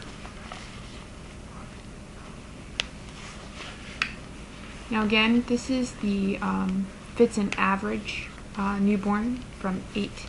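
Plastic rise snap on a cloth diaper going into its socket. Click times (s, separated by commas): 2.8 s, 4.0 s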